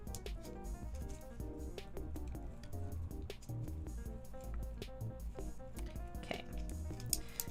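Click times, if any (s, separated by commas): none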